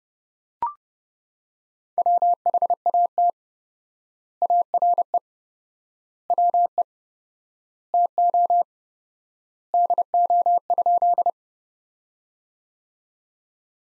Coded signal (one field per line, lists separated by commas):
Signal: Morse code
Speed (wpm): 30 wpm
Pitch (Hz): 700 Hz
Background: none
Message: WHAT ARE WE TO DO?